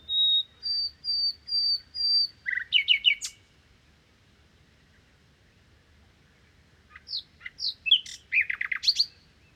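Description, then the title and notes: Common nightingale song: a row of pure whistled notes swelling in sequence, a quick rattling burst, a pause, then varied chirps and a fast trill. Recorded 1 May 2019 in the Crau, Bouches-du-Rhône, France, on a Nagra Seven with cardioid MKH8040 and omnidirectional MKH8020 microphones, comparing the two pickup patterns. "Crau - Bouches du Rhône. Rossignol philomèle"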